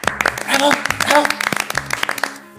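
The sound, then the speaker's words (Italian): Warm applause, hands clapping in a quick, uneven patter of sharp slaps, heard under a voice with sustained tonal sounds that carries on throughout. “Che battimani calorosi, fu il trionfo, l'apoteosi!”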